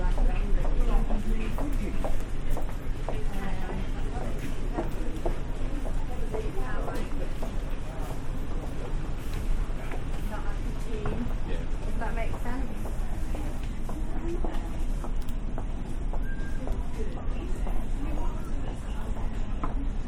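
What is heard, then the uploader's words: Inside a busy shop, a steady crowd murmur of many overlapping voices fills the space, constant throughout. Short clicks and knocks of handling and footsteps come and go, with a brief brighter tone near the fifteen-second mark. W H Smiths, Harrogate. Part of the Sound Map Of Harrogate.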